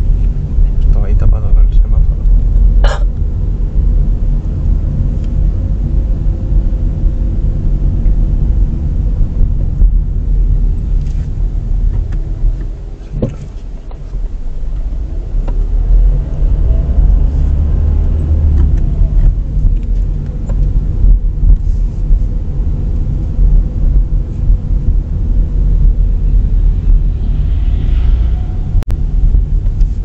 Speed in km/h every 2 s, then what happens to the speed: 19, 23, 24, 24, 20, 14, 6, 9, 14, 15, 21, 22, 22, 17, 15.
0-7 steady at about 23. 7-12 brakes to 6. 12-20 speeds up to 21. 24-30 slows to 15.